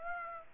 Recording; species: mosquito wingbeat signal from an infrared sensor; Aedes aegypti